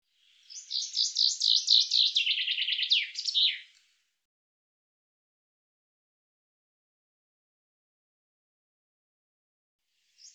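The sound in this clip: Bird chirps in one dense phrase of rapid high notes lasting about three seconds, dropping slightly in pitch, then long silence with a faint note at the end.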